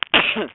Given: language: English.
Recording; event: throat vibration sensor signal played as sound; cough